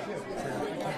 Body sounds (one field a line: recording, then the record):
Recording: coughing mixed with background sound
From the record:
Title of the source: 1125 Coughing SOUND Effect